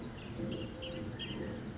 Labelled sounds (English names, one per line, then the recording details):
Eurasian Collared Dove
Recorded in Sonoma County, California